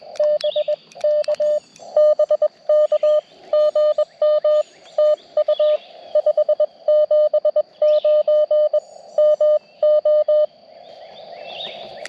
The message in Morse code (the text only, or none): BK BK GM TU 579 MO